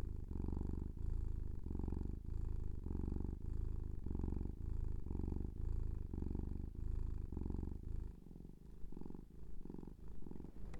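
Cat purring in a low, continuous rumble that swells and fades with each breath, becoming softer and less regular near the end.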